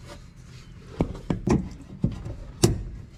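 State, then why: Seated. A fuel line quick-connect coupling is pushed onto the fitting of a Pure Flow AirDog 165 lift pump, with soft rubbing and a few light knocks at about 1.0, 1.3, 1.5 and 2.0 seconds. A sharp, louder click at 2.6 seconds is the coupling latching, and it is seated.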